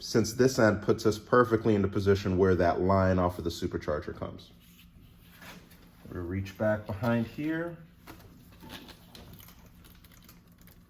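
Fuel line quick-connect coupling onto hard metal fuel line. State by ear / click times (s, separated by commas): not seated / none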